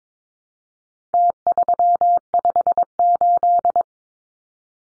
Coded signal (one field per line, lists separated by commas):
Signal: Morse code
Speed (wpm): 22 wpm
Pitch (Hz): 700 Hz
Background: none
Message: T358